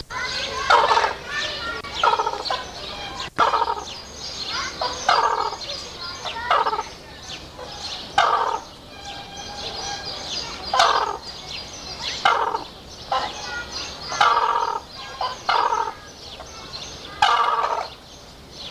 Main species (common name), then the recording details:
Red-crowned Crane. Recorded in captivity. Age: adult. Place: Zoo Berlin, Berlin, DE. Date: 1986-05-02 11:13. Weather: sonnig, 17°C. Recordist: Tembrock, Günter